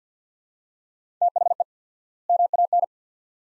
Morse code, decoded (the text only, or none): THE MAN